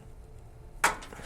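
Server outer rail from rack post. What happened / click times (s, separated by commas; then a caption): The rail latch released / 0.8 s. A blue release clip on the metal outer rail of a Dell PowerEdge R230 server is pulled out, and the static rail is taken back off the rack post. After a quiet stretch, a sharp click sounds at 0.8 s, followed by a softer knock at about 1.1 s, and the rail is released.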